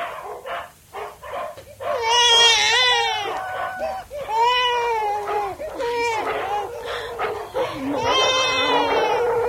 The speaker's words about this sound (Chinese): 妈，你怎么喊得咁凄凉啊？